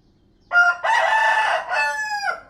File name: Rooster Call